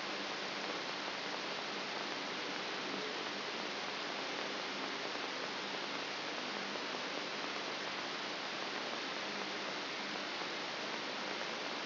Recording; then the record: brain microelectrode recording played as sound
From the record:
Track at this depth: outside the subthalamic nucleus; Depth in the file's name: 6.501 mm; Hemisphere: left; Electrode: 3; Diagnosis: Parkinson's disease